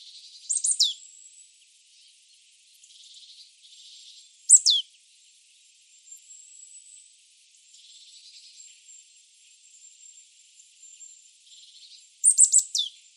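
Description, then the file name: Marsh tit calls: short clusters of sharp, high notes sweeping steeply downward, heard three times with long gaps, over a faint steady high whine. "Poecile palustris"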